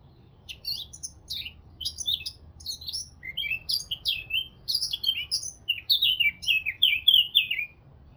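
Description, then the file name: Eurasian blackcap song: rapid scratchy chattering notes that shift into a run of loud, clear, falling whistled phrases. "Sylvia atricapilla"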